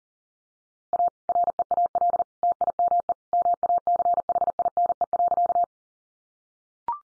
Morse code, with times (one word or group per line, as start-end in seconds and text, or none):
0.9-1.1 A
1.3-2.2 REAL
2.4-3.1 TIME
3.3-5.6 MACHINE.